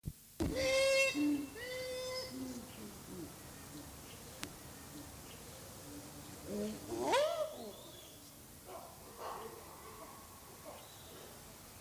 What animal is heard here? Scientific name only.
Papio hamadryas